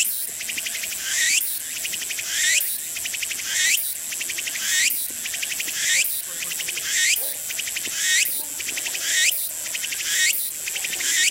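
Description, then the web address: Walker's cicada song: repeated phrases about once a second, each a pulsing high buzz ending in a rising sweep, steady throughout. Insect call. "セミ ツクツクボウシ（ツクツクホウシ）の鳴き声. arpla 自然音研究室"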